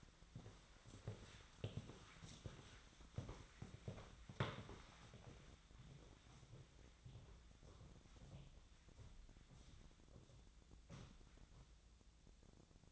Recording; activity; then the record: daily activity, microphone in the room; walk to room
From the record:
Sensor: 3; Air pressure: 1010.1 hPa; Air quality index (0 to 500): 181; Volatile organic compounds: 12 ppm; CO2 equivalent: 2357 ppm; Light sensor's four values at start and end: 39/96/41/44 and 42/104/45/48